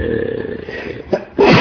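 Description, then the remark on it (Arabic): A low murmur of background noise gives way to a brief sharp burst, then a loud, explosive sneeze bursts out at the end. “يرحمك الله”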